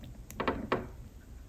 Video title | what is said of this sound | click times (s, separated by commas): How To De-Pin AMP Multi-Lock Connectors - Toyota Connector (Using Paperclip & Proper Tool) | You see, I heard it click and pull out just like that. | 0.7 s